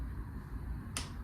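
A click-type torque wrench tightens a fork clamp bolt on the second side of a dirt bike to 17, pulled in one smooth motion rather than ratcheting. Over a steady low background hum, the wrench gives a single sharp click at 0.97 s, confirming the setting is reached.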